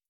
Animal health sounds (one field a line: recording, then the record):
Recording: hydrophone in a shrimp aquaculture tank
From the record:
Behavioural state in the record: starved